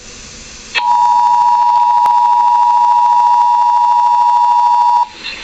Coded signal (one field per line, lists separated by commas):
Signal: Emergency Alert System (SAME) tones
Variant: 853 and 960 Hz attention tone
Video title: South Carolina Required Monthly Test on WESC